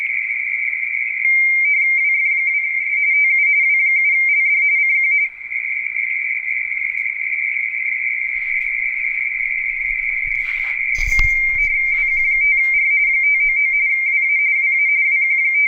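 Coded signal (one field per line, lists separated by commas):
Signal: RTTY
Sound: steady warbling two-tone chatter near 2 kHz, rapidly alternating, continuous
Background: radio static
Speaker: What you were just watching was a series of exchanges where this particular station W7LD W7 Lima Delta is running a frequency on a radio teletype contest.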